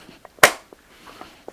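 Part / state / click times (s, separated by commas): camera back into 35mm camera body / seated / 0.4 s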